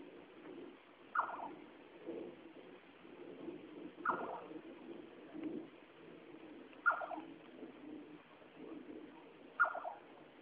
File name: Caprimulgus Atripennis